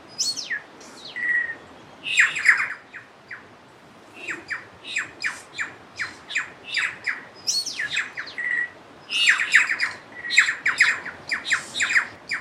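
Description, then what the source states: Bird song of rapid downward-sweeping whistled notes in bursts, with occasional short steady tones, over a soft hiss. Birds nicknamed Star Wars birds, recorded along the Turangi River loop, New Zealand.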